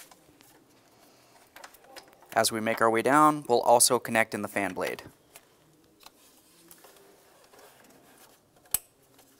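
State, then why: Seated. The second fan's electrical connector is plugged into the fan motor while replacing the AC condenser and receiver drier assembly on a 2009-2019 Ford Flex. Someone talks, then after some quiet handling noises a single loud, sharp click is heard at 8.7 s as the connector seats fully.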